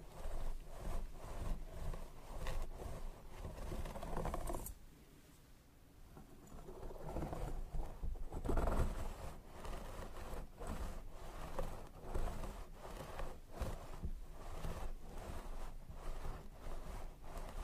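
Scalp massage and hair brushing make dense, rhythmic scratchy strokes, pausing briefly around five to seven seconds, then resuming steadily with bright bristly sweeps.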